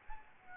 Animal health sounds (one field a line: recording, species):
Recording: mosquito wingbeat signal from an infrared sensor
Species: Aedes albopictus